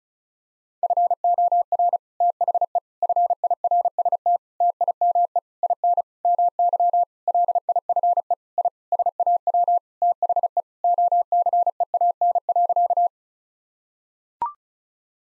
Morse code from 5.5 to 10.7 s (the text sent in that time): IN MY LIFE I SAW THE